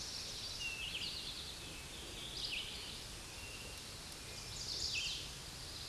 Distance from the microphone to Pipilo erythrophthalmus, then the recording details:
about 35 m. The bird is about 10 m below the microphone. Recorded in a Pennsylvania forest on 16 May 2024 at 09:50. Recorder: AudioMoth, point MSD-1893. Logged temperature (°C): 16.6 °C. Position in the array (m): 3 m, 44 m